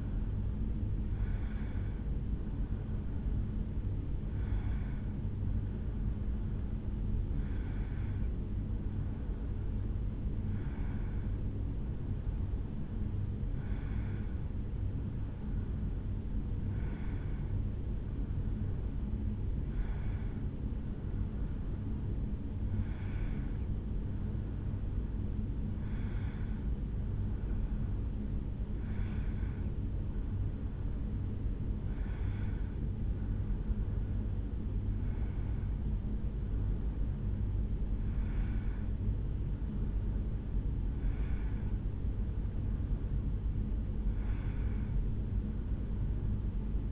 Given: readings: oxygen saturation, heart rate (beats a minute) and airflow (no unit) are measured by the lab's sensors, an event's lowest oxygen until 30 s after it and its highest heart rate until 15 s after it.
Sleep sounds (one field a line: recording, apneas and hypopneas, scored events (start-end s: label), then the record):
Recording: breathing in sleep by a smartphone at the bedside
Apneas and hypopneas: none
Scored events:
0.00-20.00 s: awake
27.00-46.92 s: new sleep stage, awake
43.00-46.92 s: awake
From the record:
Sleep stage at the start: N1 (lightest sleep)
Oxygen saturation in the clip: 93 to 94%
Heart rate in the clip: 73 to 74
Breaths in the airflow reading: 15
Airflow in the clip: -2.3 to 2.7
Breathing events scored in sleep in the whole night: 449 in 7.0 hours asleep